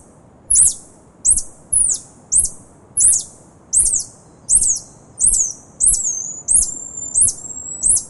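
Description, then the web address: Tarsier calls: high-pitched hooked chirps about every two-thirds of a second, later joined by thin level whistles stretching between calls. "earth naturelibrary assets t ta tarsier"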